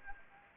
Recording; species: mosquito wingbeat signal from an infrared sensor; Anopheles arabiensis